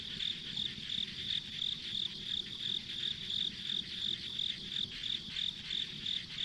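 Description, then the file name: Insects give steady high chirps near three per second, backed by a dense whirring chorus and quiet low-frequency noise. Ambient insect sounds on a rural country road. "田舎道の虫の環境音"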